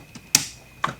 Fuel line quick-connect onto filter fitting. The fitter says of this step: throw the quick-connect on to hear a click beautiful